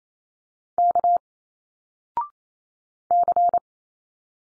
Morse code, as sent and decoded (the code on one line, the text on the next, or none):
-.- / -.-.
K C